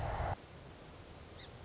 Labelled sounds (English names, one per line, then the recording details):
Song Sparrow
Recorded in Sonoma County, California